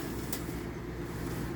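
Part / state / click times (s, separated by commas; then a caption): pull-out tray or grill in an RV outdoor kitchen cabinet / seated / 0.3 s. A pull-out tray or grill in the outdoor kitchen cabinet of a 2022 Forest River Salem Hemisphere 295BH fifth wheel RV is pulled out and pushed back in over a steady low rumble. A single sharp click at 0.3 s marks it seating back into place.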